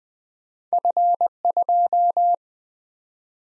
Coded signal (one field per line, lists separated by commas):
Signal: Morse code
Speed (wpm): 20 wpm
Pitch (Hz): 700 Hz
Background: none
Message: F2